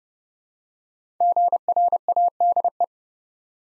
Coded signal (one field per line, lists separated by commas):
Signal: Morse code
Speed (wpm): 30 wpm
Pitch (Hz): 700 Hz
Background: none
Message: GRADE